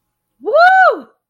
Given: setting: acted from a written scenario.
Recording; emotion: vocal sound without words; ecstasy